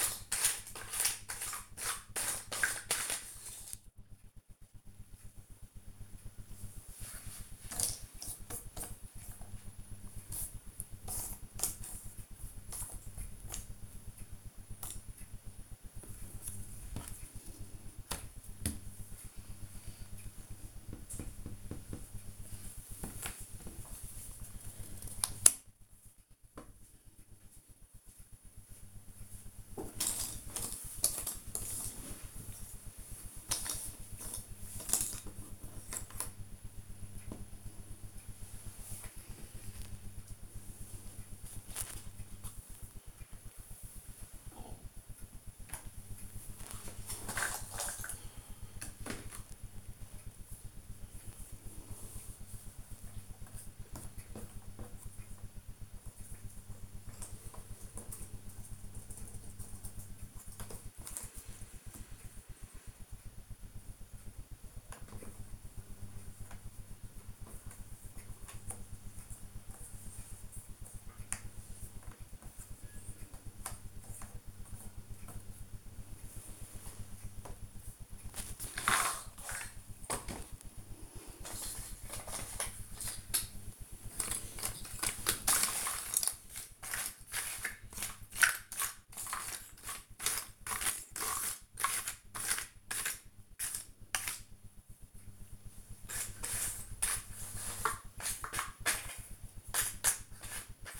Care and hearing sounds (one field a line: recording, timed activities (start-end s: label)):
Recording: household activities, microphone on the right wrist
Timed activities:
0.00-60.29 s: doing a puzzle
64.31-100.99 s: doing a puzzle